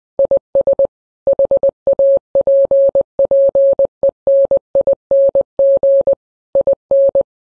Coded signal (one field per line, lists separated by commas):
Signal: Morse code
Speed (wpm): 20 wpm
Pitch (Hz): 550 Hz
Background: none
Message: IS HAPPENING IN